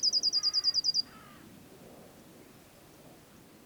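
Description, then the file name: Eurasian blue tit trill of many quick high notes, overlapped by lower, softer chirping, then quiet background. "Cyanistes caeruleus"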